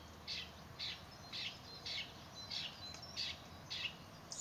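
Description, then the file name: Song thrush song: a single sharp note repeated about twice a second in a series, over a soft constant hiss. Recorded in a garden in Büren on 3 March 2019. "Singdrossel am 03 03 2019 im Bürener Garten"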